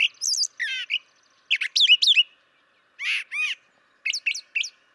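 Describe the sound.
Brown Thrasher song: short varied phrases, many repeated twice, mixing harsh buzzy notes and sharp slurred whistles, with clear gaps between them.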